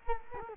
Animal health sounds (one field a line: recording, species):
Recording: mosquito wingbeat signal from an infrared sensor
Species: Culex quinquefasciatus